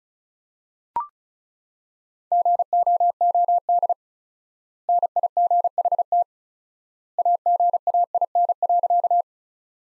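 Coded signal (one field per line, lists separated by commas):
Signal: Morse code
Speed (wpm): 36 wpm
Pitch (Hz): 700 Hz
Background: none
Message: GOOD NIGHT AGAIN.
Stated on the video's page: Morse practice sentences from the top 300 words at 35 wpm with 4x word spacing, a word-based analogue of Farnsworth spacing.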